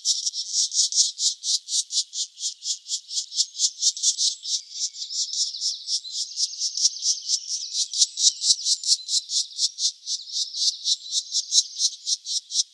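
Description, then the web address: Black woodpecker nestlings give a continuous run of hoarse, hissing notes, many in quick, steady succession. "Schulze Peter Black Woodpecker nestlings"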